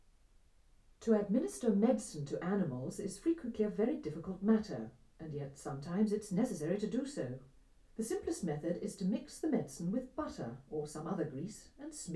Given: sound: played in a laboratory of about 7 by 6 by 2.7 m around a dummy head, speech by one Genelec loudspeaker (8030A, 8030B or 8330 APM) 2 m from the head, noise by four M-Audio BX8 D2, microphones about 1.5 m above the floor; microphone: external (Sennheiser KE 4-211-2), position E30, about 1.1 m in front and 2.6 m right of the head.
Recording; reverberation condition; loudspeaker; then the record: female speech in English; low; 120 degrees to the right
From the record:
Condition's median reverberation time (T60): about 310 ms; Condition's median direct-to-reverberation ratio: about 3.5 dB